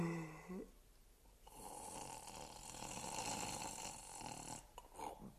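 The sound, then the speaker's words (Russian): Snoring: a short, low, throaty rumble, then a long raspy, breathy snore that swells and fades, followed by a brief snort. No one speaks. “Как только я услышал храп, дремота сморила и меня, и я тоже уснул.”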